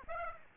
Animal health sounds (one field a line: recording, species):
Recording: mosquito wingbeat signal from an infrared sensor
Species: Aedes aegypti